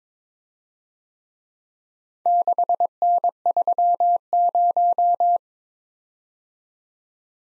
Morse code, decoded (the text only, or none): 6N30